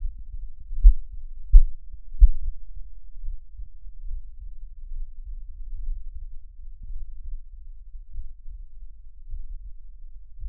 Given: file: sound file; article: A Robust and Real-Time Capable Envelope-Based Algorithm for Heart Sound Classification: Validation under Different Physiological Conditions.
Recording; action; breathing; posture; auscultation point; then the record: heart sounds by electronic stethoscope; rest; deep; sitting; Erb’s point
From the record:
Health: healthy, no known heart disease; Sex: male